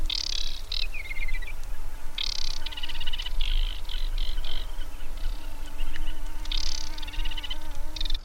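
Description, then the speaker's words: Aquatic Warbler delivering a run of scratchy rattles and pure whistled trills in quick succession, with a faint steady hum underneath. Singing male in a sedge marsh beside a boardwalk; sings quietly and delicately compared with the Sedge Warbler; hard to spot even when singing very close. "Udało mi się nagrać śpiew wodniczki."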